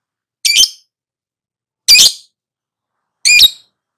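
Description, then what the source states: Lovebird giving harsh, rasping shrieks, three short screechy bursts spaced roughly one and a half seconds apart with silence between. Lure to prompt a lovebird to answer and sing energetically (Indonesian 'pancingan agar nyaut gacor').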